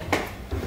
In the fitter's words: Och klickar i den här.